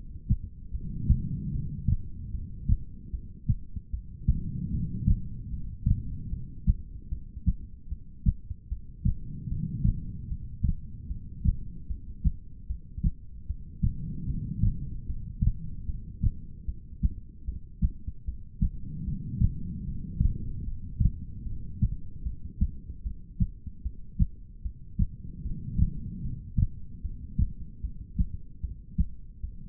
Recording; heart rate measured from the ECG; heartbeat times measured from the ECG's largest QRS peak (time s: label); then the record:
heart sounds by stethoscope; 75 bpm
0.72 s: heartbeat
1.51 s: heartbeat
2.31 s: heartbeat
3.11 s: heartbeat
3.90 s: heartbeat
4.70 s: heartbeat
5.50 s: heartbeat
6.30 s: heartbeat
7.09 s: heartbeat
7.89 s: heartbeat
8.69 s: heartbeat
9.48 s: heartbeat
10.28 s: heartbeat
11.08 s: heartbeat
11.87 s: heartbeat
12.67 s: heartbeat
13.47 s: heartbeat
14.26 s: heartbeat
15.06 s: heartbeat
15.86 s: heartbeat
16.65 s: heartbeat
17.45 s: heartbeat
18.25 s: heartbeat
19.04 s: heartbeat
19.84 s: heartbeat
20.64 s: heartbeat
21.44 s: heartbeat
22.23 s: heartbeat
23.03 s: heartbeat
23.82 s: heartbeat
24.62 s: heartbeat
25.42 s: heartbeat
26.22 s: heartbeat
27.01 s: heartbeat
27.81 s: heartbeat
28.61 s: heartbeat
29.40 s: heartbeat
From the record:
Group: heart failure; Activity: rest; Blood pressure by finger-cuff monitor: 94/69 mmHg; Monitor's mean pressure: 79 mmHg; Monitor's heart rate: 75 bpm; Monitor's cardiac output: 4.5 L/min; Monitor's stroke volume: 60 mL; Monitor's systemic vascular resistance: 1270 dyn s/cm5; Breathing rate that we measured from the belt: 12 breaths a minute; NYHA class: 2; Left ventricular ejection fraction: 58%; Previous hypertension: present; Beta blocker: bisoprolol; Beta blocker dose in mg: 5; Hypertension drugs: ramipril, spironolactone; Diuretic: furosemide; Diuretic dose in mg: 160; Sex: female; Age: 55 years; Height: 155 cm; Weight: 67 kg